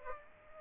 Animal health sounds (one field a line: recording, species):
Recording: mosquito wingbeat signal from an infrared sensor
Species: Aedes aegypti